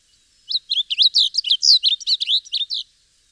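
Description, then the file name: Blue grosbeak song, a rapid, bright warbling phrase of slurred, up-and-down notes lasting a little over two seconds, with nothing else audible. Subspecies eurhyncha. "Blue Grosbeak - Passerina caerulea eurhyncha"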